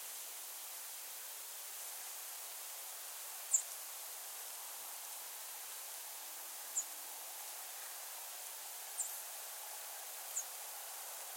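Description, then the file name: American tree sparrow calls: four brief, very high thin notes at uneven intervals, the first loudest, over steady soft hiss. "Spizella arborea - American Tree Sparrow"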